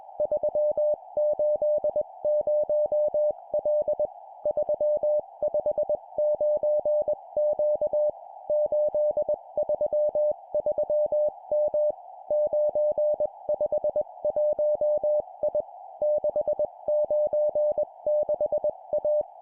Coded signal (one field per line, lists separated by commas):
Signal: Morse code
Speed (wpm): 21 wpm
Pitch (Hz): 600 Hz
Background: music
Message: 380L 359Q 833M 951I 696A